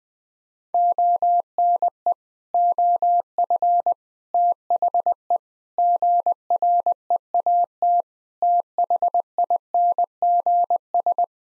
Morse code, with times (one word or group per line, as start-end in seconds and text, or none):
0.7-2.1 ONE
2.5-3.9 OF
4.3-5.4 THE
5.8-8.0 GREAT
8.4-11.2 THINGS